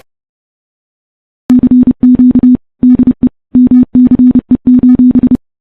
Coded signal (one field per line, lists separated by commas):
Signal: Morse code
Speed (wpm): 31 wpm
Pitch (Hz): 250 Hz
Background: none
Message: CQ DE MCE: